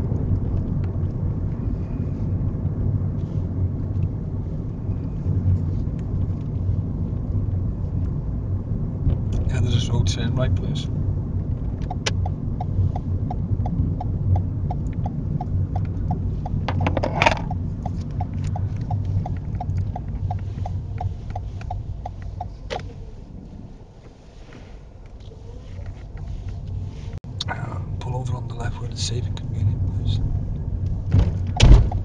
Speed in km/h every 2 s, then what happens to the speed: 34, 32, 31, 29, 27, 29, 27, 24, 19, 13, 6, 3, 10, 15, 18, 18.
0-11 steady at about 29. 11-21 slows to 3. 21-27 speeds up to 18.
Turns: none.